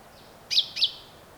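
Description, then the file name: Common chaffinch calls: two short, sharp high notes about a quarter second apart, over quiet background hiss. "Fringilla coelebs"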